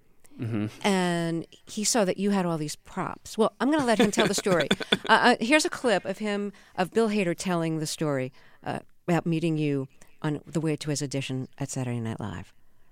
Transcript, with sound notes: Mm-hmm...
And he saw that you had all these props.
(LAUGHTER)
Well, I'm going to let him tell the story. Here's a clip of him, of Bill Hader telling the story about meeting you on the way to his audition at "Saturday Night Live."